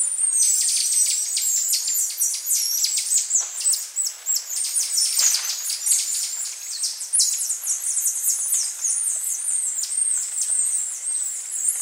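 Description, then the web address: Saddleback tamarin chirping calls: a dense stream of very high, sharp chirps and twitters overlapping continuously. Primate calls in the South American rainforest. "Natures Songs S America Primates of the Rainforest Saddleback tamarin"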